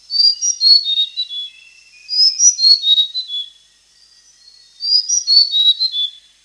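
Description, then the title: Blue-crowned hanging parrot calling in bursts of shrill, high whistles that step downward within each phrase, three phrases separated by short pauses. "SERINDIT"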